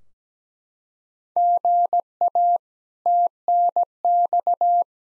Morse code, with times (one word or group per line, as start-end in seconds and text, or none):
1.4-2.6 GA
3.1-4.8 TNX